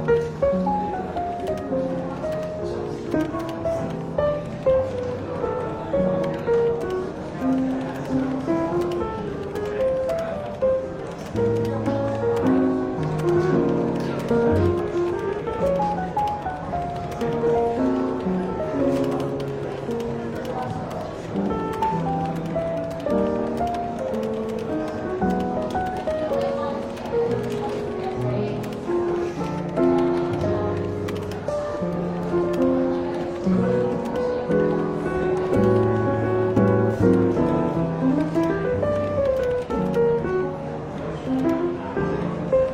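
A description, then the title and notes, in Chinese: Soft, easy jazz plays steadily through a lightly busy café in a bookshop, its mellow notes and gentle bass line filling the low and middle range. Murmured voices and occasional light taps and clinks sit underneath, keeping a constant, even level throughout. 伦敦书店咖啡馆轻微喧闹氛围与柔和轻松的爵士背景音乐。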